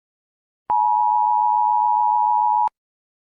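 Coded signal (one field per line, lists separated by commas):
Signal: Emergency Alert System (SAME) tones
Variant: 853 and 960 Hz attention tone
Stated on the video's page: Fictional supernatural EAS scenario about New York stuck in a time loop.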